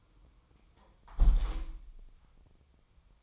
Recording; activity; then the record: daily activity, microphone in the room; close window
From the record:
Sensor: 1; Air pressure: 1004.6 hPa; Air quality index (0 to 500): 111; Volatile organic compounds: 3 ppm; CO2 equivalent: 1530 ppm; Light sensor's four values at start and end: 9/21/8/9 and 8/20/8/9